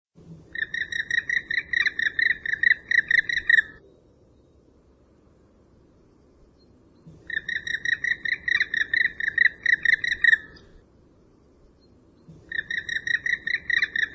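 Bird calls: bursts of rapid, harsh, harmonic chattering notes, each lasting about three seconds, with quiet gaps between, over a low rumbling background.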